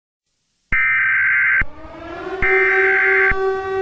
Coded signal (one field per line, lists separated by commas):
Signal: Emergency Alert System (SAME) tones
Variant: header bursts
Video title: EAS Scenario 11: Monsters Inc.